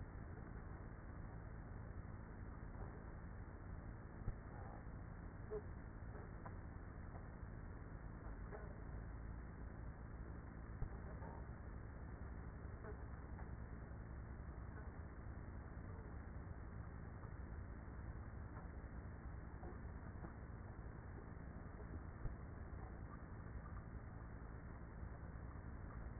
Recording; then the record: honeybee colony, microphone inside the hive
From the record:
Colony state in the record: queenless with a low population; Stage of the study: after two queens were removed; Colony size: about 30,000 bees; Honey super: no